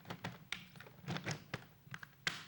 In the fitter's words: you can actually hear it locking